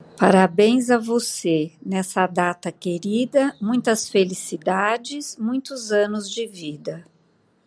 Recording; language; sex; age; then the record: short text; Brazilian Portuguese; female; 60 to 69 years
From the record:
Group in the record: control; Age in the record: 62 years